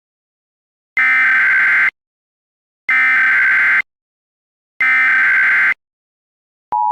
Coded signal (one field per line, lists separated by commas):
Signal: Emergency Alert System (SAME) tones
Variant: header bursts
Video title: EAS MOCK | Rat poisoning.